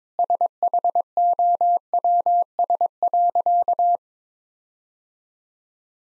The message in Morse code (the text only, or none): SHOWS.